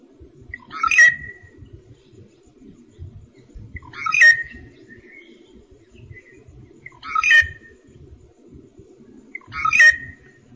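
Rufous treepie giving four harsh, chattering call notes, repeated roughly every three seconds, over a steady low hum.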